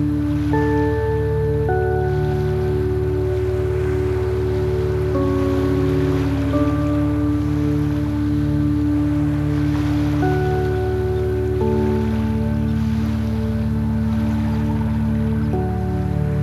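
Soft chimes sound over a steady, unbroken wash of waves. Clear tones enter every second or two, around 0.5, 1.7, 5, 6.5, 10, 11.7 and 16 seconds, and each rings on as a sustained note. A constant low hum runs underneath throughout.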